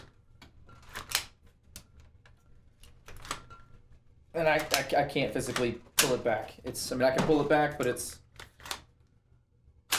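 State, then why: Not seated. The charging mechanism of a Tippmann airsoft M4 rifle, fitted with two shims (too many), is pulled back by hand, giving sharp mechanical clacks around 1.2, 1.8, 3.3, 8.7 and 9.9 seconds while someone talks. The bolt can be drawn back but does not catch in the receiver, so nothing has latched.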